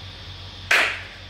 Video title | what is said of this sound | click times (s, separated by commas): How to install drainage channel grate - DIY | You can hear that little click. That's now locked in, we've got our end cap. | 0.7 s